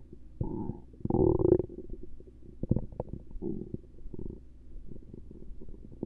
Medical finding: Stomach Rumbling Gurgles.